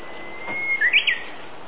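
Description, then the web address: Japanese bush warbler calling: a long, steady whistled note, then a quick burst of sharp, stuttering higher notes, over a faint constant background hiss. April 2018. "itoshikimono files SOB 2018 04 UGUISU TANIWATARI"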